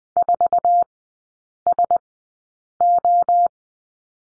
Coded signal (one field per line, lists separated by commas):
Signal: Morse code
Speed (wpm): 20 wpm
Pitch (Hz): 700 Hz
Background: none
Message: 4SO